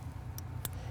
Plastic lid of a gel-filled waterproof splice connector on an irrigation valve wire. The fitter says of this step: shut. You want to hear that snap.